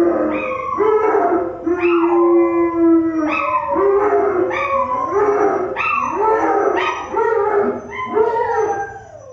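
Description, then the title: Dogs howling: several overlapping long wavering howls that rise and then slide down, starting again about every second or two, forming a continuous mournful chorus. "Universidad del Claustro de Sor Juana - Colegio de Comunicación - Sonoteca de México. PERROS AULLIDOS"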